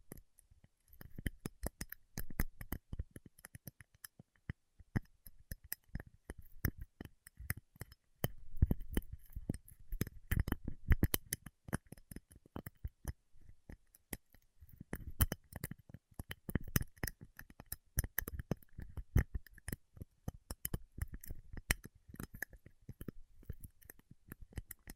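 Paraffin wax being peeled, tapped and scratched: a dense, irregular stream of small crackles and brittle clicks with duller low knocks mixed in. The activity runs nearly nonstop, eases briefly around the middle, then resumes just as busy.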